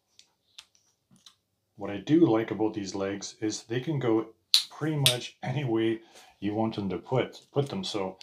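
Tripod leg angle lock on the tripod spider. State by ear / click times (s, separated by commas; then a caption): not seated / none. A leg of a Manfrotto Element Traveler tripod is handled at the angle lock on the tripod spider. A few faint, sharp ticks come in the first 1.3 seconds, and then someone talks for the rest of the clip. The leg has not yet swung into its new angle, and nothing has seated or clicked yet.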